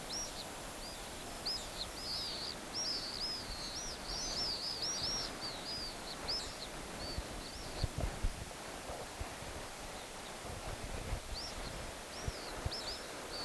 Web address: chant xeno-canto martinet pale